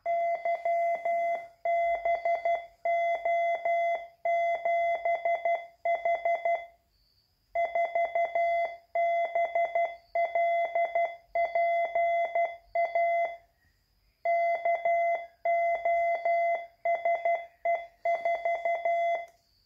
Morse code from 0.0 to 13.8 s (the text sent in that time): YBO7H 4BLPA